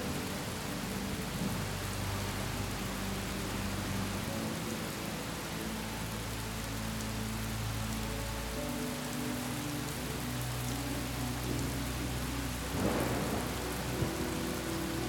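A storm's rain hisses steadily across the whole clip, dense and even, with a low rumble of thunder underneath. Soft sustained tones hold and shift slowly in the low register, and a brief louder rustle of rain swells around the thirteenth second.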